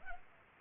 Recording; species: mosquito wingbeat signal from an infrared sensor; Culex pipiens